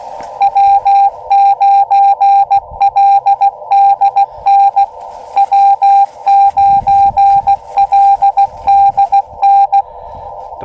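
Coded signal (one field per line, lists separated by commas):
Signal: Morse code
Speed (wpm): 16 wpm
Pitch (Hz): 800 Hz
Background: none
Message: W9LDN W9LDN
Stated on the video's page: First Summits on the Air CW activation, also a park, in cold weather, using an Elecraft KX2 and an end-fed trail-friendly antenna.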